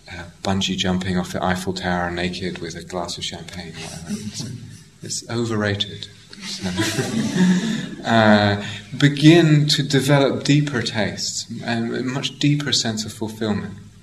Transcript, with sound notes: bungee jumping off the Eiffel Tower naked with a glass of champagne or whatever. It's overrated. [laughter] Begin to develop deeper tastes, and a much deeper sense of fulfilment.